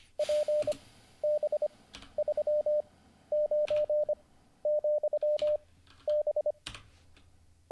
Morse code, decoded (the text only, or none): PB39,B